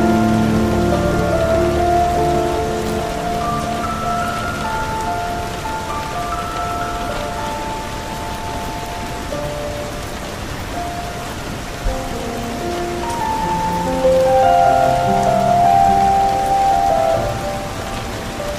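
Steady rain hisses evenly throughout, dense, under a slow, soft classical melody of long held notes. Low, warm tones dominate the first half; a brighter passage of higher notes swells slightly louder from about fourteen to seventeen seconds.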